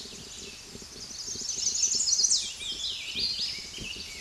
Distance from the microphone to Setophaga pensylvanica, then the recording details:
about 5 m. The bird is about 5 m above the microphone. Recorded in a Pennsylvania forest on 16 May 2024 at 09:42. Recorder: AudioMoth, point MSD-1293. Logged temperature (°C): 12.0 °C. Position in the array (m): 58 m, 158 m